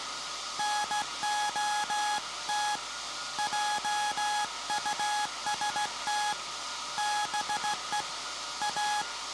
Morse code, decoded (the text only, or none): NOT JUST BE A